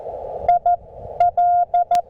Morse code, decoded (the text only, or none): I L